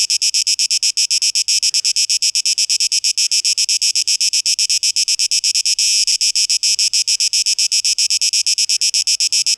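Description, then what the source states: Cicada song: a harsh, high buzz pulsing rapidly, steady throughout. Cicadas, 12 August 2023, tape echo mix.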